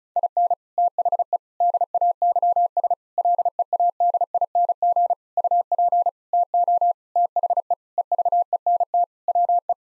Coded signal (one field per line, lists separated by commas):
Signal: Morse code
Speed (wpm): 36 wpm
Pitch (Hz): 700 Hz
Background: none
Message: IN THE DAYS LEADING UP TO THE EVENT WE